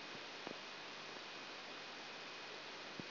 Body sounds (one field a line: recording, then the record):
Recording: brain microelectrode recording played as sound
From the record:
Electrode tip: outside the subthalamic nucleus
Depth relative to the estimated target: -8 mm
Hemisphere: right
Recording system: AlphaMap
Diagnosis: Parkinson's disease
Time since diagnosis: 19 years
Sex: male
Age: 59 years